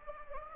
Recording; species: mosquito wingbeat signal from an infrared sensor; Anopheles gambiae